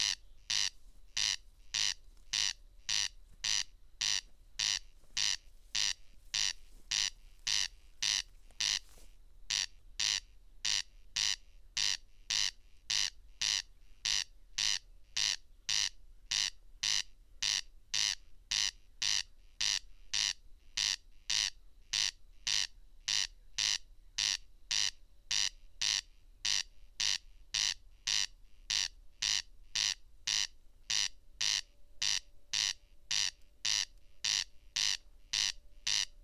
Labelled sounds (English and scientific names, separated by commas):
Corn Crake (Crex crex) song